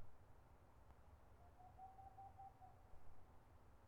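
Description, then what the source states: Boreal owl producing a single rapid run of soft hoots on one steady note, lasting just over a second, with low background rumble. Recorded 22 March 2013.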